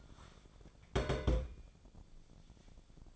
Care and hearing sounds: daily activity, microphone in the room; place on stove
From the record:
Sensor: 5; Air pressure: 1000.2 hPa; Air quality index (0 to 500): 94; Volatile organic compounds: 1 ppm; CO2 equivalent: 764 ppm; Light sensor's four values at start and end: 293/682/298/335 and 286/663/291/327

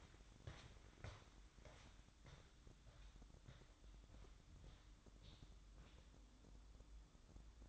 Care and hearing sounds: daily activity, microphone in the room; walk to room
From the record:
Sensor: 3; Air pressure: 1008.2 hPa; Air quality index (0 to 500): 132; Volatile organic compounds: 2 ppm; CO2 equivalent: 1090 ppm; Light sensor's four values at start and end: 11/24/10/10 and 10/23/9/9

